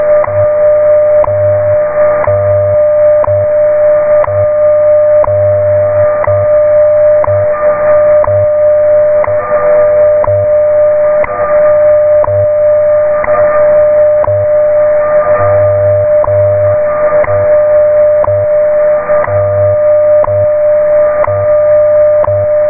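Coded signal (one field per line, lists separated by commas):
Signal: radio time signal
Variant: WWV/WWVH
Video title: Very clear recording of WWVH/WWV time signal at 10000 kHz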